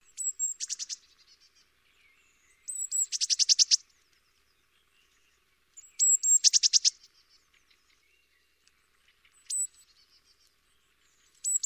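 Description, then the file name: Eurasian blue tit giving calls: thin high notes leading into buzzy, rapidly pulsed churring bursts, repeated about every three seconds with quiet gaps between. "Cyanistes caeruleus"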